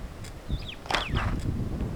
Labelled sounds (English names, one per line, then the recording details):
Superb Starling flight call
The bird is a female
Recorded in Kenya on 18 July 2010
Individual 118, of group WDB